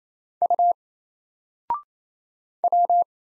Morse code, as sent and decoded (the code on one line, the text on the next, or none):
..- / .--
U W